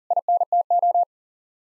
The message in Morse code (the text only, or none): INTO